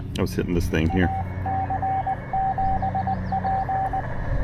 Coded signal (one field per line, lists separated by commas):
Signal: Morse code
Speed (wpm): 20 wpm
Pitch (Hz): 770 Hz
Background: speech, radio noise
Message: AC7P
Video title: Penntek TR-45L Skinny: QRP POTA from Great Seal State Park!